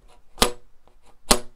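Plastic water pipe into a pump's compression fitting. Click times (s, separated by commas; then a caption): 0.4 s, 1.3 s. A plastic water pipe is pushed into a pump's compression fitting until it bottoms out, fully seated before the nut is tightened. Two sharp clacks sound at 0.4 s and 1.3 s, with faint rustling between them.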